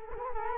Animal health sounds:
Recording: mosquito wingbeat signal from an infrared sensor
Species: Culex quinquefasciatus

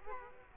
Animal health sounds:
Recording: mosquito wingbeat signal from an infrared sensor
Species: Culex quinquefasciatus

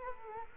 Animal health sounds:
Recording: mosquito wingbeat signal from an infrared sensor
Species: Culex quinquefasciatus

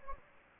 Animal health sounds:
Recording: mosquito wingbeat signal from an infrared sensor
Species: Anopheles gambiae

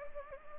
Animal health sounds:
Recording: mosquito wingbeat signal from an infrared sensor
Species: Anopheles arabiensis

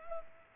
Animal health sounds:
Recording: mosquito wingbeat signal from an infrared sensor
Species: Culex pipiens

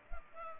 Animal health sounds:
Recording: mosquito wingbeat signal from an infrared sensor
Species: Culex pipiens

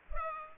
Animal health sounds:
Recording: mosquito wingbeat signal from an infrared sensor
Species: Culex pipiens

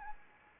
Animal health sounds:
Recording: mosquito wingbeat signal from an infrared sensor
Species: Anopheles arabiensis

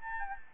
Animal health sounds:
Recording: mosquito wingbeat signal from an infrared sensor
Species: Anopheles gambiae

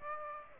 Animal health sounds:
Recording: mosquito wingbeat signal from an infrared sensor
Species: Aedes aegypti

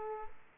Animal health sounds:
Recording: mosquito wingbeat signal from an infrared sensor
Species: Aedes aegypti

